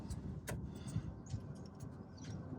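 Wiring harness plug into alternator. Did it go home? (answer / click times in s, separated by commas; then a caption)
no / none. A wiring harness plug is being handled by hand at the alternator socket of a 2002 Mitsubishi Montero Sport during an alternator replacement, with soft handling noises, low rumble and a few brief high-pitched ticks. Nothing has seated or clicked yet; the clip ends just before the connector goes home.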